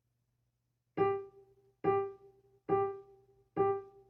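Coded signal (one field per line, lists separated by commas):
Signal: none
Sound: piano music notes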